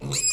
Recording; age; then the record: pig call; weaner (32 to 43 days)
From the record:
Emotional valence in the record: negative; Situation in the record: short isolation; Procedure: open field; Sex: female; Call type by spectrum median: high-frequency call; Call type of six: mixed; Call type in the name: high-frequency modulated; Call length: 0.33 s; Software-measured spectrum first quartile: 2478 Hz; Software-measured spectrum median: 6021 Hz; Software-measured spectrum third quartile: 7764 Hz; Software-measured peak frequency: 7620 Hz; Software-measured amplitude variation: 143 dB a second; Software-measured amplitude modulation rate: 16.5 a second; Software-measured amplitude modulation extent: 8.6 dB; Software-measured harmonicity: 13.4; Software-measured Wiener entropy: -4.09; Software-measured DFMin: 1262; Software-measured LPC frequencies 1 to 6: 1055, 2482, 3980, 4348, 5012, 5676 Hz